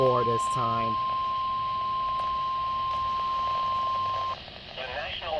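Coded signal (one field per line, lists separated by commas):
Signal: Emergency Alert System (SAME) tones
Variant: 1050 Hz attention tone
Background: speech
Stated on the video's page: Live-captured severe thunderstorm warning SAME tones for eastern Iowa, with wind gusts near 80 mph.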